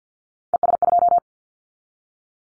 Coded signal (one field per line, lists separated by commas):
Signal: Morse code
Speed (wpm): 48 wpm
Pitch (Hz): 700 Hz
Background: none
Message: ES2